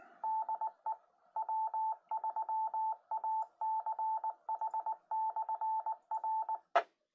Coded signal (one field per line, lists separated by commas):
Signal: Morse code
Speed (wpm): 19 wpm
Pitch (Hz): 880 Hz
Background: none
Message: DE W3ACH/R